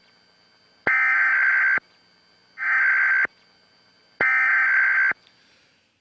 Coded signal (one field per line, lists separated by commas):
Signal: Emergency Alert System (SAME) tones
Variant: header bursts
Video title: [Trump News]EAS Test on 11-9-11 Holds Power to Cut Broadcast Signal